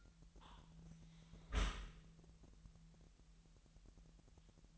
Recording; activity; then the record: daily activity, microphone in the room; close dishwasher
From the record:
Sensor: 3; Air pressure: 998.2 hPa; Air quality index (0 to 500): 151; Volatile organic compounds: 5 ppm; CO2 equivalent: 1808 ppm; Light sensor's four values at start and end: 13/38/15/14 and 13/38/15/14